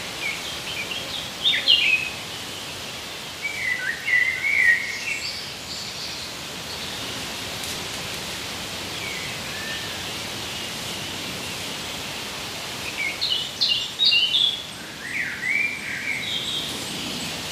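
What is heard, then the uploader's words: In the woods, a steady hiss of outdoor noise fills the whole clip. Bird calls come in short bursts: chirps around the first five seconds, then another cluster between about thirteen and sixteen seconds, with quieter stretches in between. IN THE WOODS.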